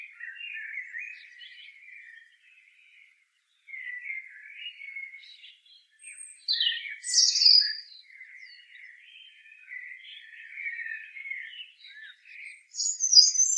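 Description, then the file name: European robin singing repeated, reedy warbled phrases, punctuated by sudden high squeaky notes, ending on a shrill high flourish. "Erithacus rubecula"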